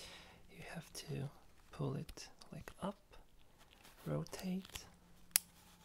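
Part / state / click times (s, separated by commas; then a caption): lens on a mirrorless camera body / seated / 5.4 s. A person wearing latex gloves points out a button on a mirrorless camera body, then pulls the lens up and rotates it while someone talks softly. The rotation ends in a sharp click at 5.4 s as the lens locks into position on the camera body.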